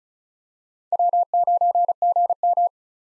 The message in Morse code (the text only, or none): W9GM